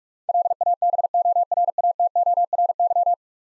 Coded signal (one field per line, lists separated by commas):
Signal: Morse code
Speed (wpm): 46 wpm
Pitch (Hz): 700 Hz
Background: none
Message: LABORATORY